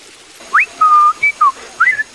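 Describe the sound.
A 63-year-old man from Barrancabermeja whistles in imitation of birdsong: a quick rising note, a long steady tone, then short chirps, a falling slide and a warbling flourish, loud and clear with no talking.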